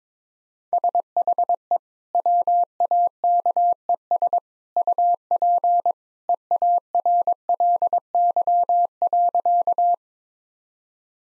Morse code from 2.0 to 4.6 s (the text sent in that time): WAKES